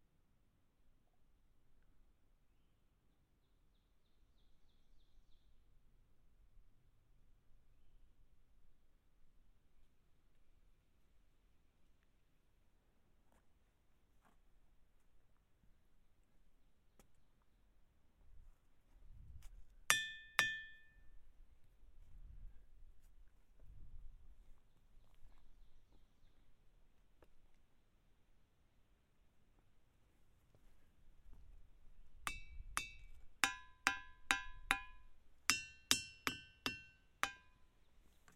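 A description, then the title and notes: A hammer strikes rocks, some giving bright ringing tones that hang briefly. After a quiet stretch of low rumble and footsteps, two sharp ringing blows land near twenty seconds, then a rapid burst of about ten ringing strikes comes between thirty-two and thirty-eight seconds. Ringing Rock State Park. The episode is a binaural field recording of me walking around hitting rocks with a hammer for about 20 minutes. Some rocks ‘ring’ while others don’t.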